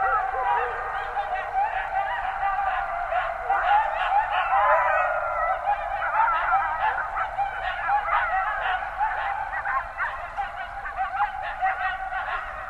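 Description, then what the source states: Coyotes in a group chorus: many overlapping wavering howls and yips, sliding up and down, forming a dense continuous babble throughout. Several coyotes, 20 January 2012.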